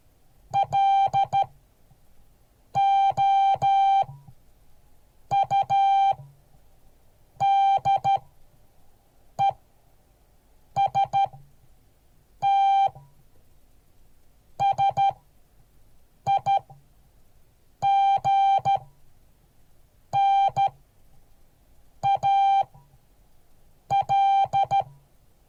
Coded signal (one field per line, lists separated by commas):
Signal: Morse code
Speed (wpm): 13 wpm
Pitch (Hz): 790 Hz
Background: none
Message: LOUDEST SIGNAL